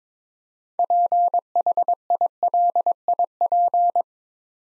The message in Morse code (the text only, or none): PHILIP